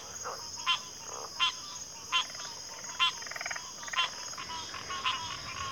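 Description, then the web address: High, continuous cricket trilling forms the backdrop to sharp clicking calls coming roughly every three quarters of a second. Chorus of crickets at a backwater. "Natures Songs Sleep Sounds of Nature CRICKETS 03 Backwater Chorus"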